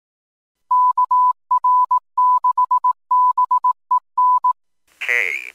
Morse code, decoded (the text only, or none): KR6BEN